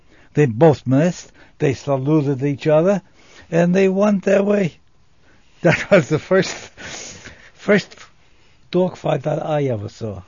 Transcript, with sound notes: They both missed. They saluted each other, and they want their way. [Laughs] That was the first dogfight that I ever saw.